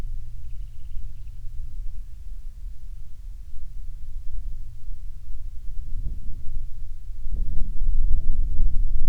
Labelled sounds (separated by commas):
bird, wind